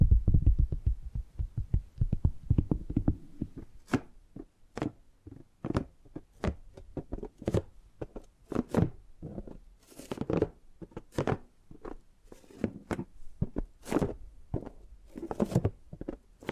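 Tapping and gripping sounds: a dense run of quick, low knocks fills the first three seconds, then separate taps follow at an irregular pace, some dull and thudding, others sharp and bright. Brief scratchy rustles of handling appear between taps throughout.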